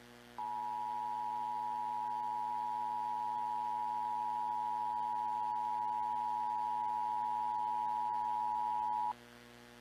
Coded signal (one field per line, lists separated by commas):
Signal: Emergency Alert System (SAME) tones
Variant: 853 and 960 Hz attention tone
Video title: EAS Required Monthly/Weekly Test Minnesota NOAA Weather Radio/FM +SeaTTY/WeatherSTAR4000